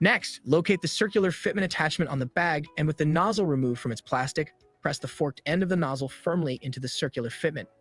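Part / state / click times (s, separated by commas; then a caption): plastic dispensing nozzle into a sauce bag fitment / not seated / none. Someone talks over background music while handling a plastic dispensing nozzle, taken out of its plastic, whose forked end is to be pressed firmly into the circular fitment on a cheese sauce bag. Nothing has seated or clicked yet.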